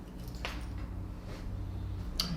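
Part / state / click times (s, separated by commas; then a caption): necklace clasp closing onto its ring / not seated / none. The metal clasp of a sterling silver beaded necklace is brought toward its ring while the necklace is being put on, against a steady low hum with two brief sharp sounds near 0.5 s and 2.2 s. The clasp fails to latch, and nothing has clicked yet.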